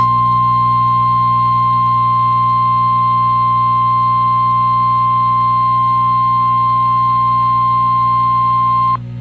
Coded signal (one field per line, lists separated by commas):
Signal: Emergency Alert System (SAME) tones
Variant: 1050 Hz attention tone